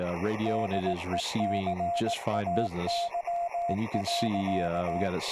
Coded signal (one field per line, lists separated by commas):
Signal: Morse code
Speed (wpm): 18 wpm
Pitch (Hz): 690 Hz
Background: speech, radio noise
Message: DECAY.